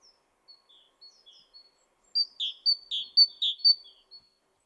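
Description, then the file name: Great tit singing a loud series of a few two-note phrases, high then low, after a few faint thin chirps in the first two seconds. "Parus major"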